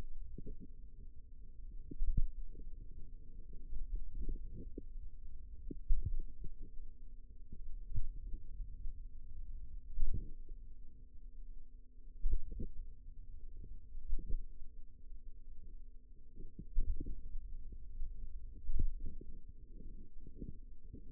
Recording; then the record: forearm muscle sounds (acoustic myography)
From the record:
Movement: finger pinch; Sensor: system 2, bracelet of six BSWA MPA416 microphones around the upper forearm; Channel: 4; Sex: female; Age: 22 years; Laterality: right